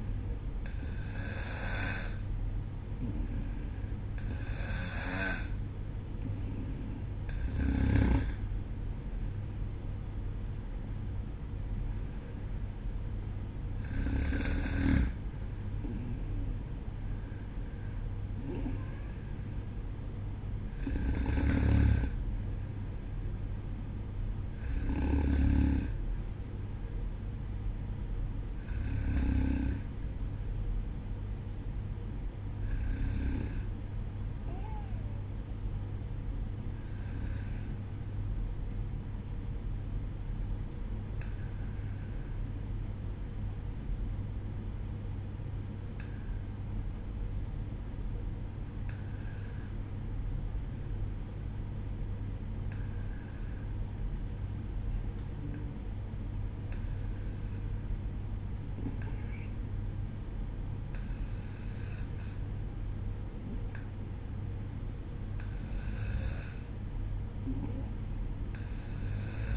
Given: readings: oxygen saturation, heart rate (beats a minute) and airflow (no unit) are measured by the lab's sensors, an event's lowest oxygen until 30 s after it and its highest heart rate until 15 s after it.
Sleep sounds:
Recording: breathing in sleep by a smartphone at the bedside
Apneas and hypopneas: 1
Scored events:
9.00-39.00 s: new sleep stage, N1 (lightest sleep)
35.00-65.00 s: hypopnea (N1, oxygen 95% highest, then 92% lowest, heart rate 60 at the start, 61 highest)
39.00-69.56 s: new sleep stage, N2 (light sleep)
From the record:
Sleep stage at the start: N2 (light sleep)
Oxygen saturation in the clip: 92 to 95%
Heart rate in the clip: 57 to 64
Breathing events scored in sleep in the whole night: 305 in 9.6 hours asleep

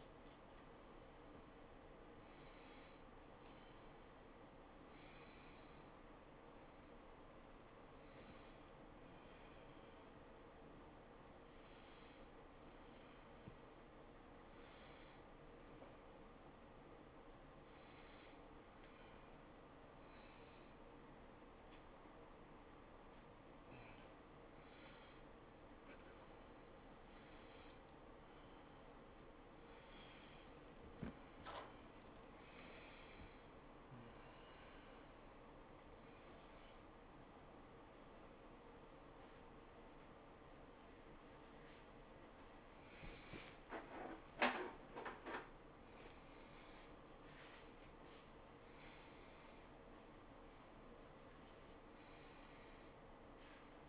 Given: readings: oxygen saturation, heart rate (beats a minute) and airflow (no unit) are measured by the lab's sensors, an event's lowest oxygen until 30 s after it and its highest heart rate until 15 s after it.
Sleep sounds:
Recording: a person awake in a sleep study, by a voice recorder at the bedside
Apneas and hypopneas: none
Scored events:
0.00-53.89 s: awake
From the record:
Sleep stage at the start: awake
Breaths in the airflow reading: 18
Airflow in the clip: -0.9 to 0.8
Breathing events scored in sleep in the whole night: 403 in 5.5 hours asleep

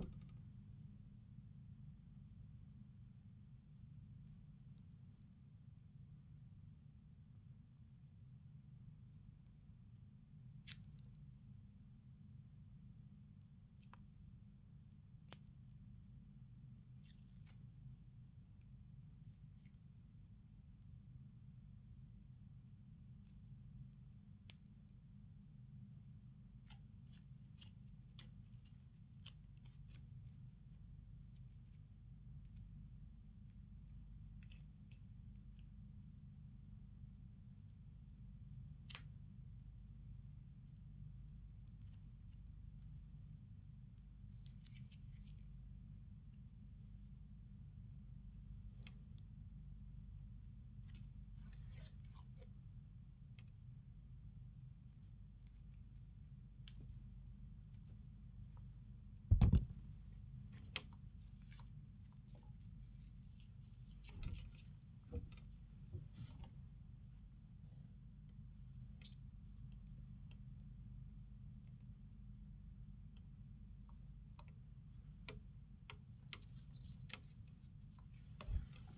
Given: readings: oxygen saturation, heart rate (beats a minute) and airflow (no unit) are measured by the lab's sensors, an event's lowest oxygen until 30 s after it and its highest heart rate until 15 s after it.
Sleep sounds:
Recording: a person awake in a sleep study, by a smartphone at the bedside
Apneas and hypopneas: none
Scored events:
0.00-78.98 s: awake
From the record:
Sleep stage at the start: awake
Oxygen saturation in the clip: 78 to 96%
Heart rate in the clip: 66 to 79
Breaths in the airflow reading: 21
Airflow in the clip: -6.1 to 11.7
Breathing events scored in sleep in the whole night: 270 in 6.1 hours asleep

